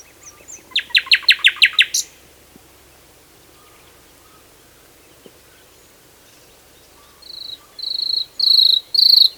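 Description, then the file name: Common nightingale song: a loud, fast burst of repeated hard notes, a long pause, then spaced repeated high notes growing louder. "Luscinia megarhynchos"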